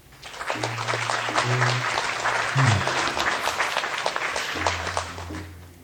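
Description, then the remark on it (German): A crowd applauds with a dense, steady crackle of many hands clapping for about six seconds, holding an even level throughout, with a low sustained tone humming faintly underneath. “Also ich habe Applaus gehört.”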